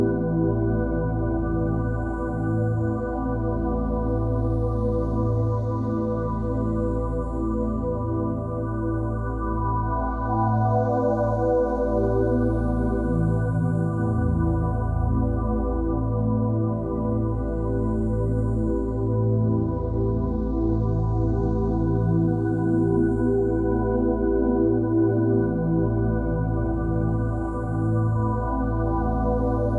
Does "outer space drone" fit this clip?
yes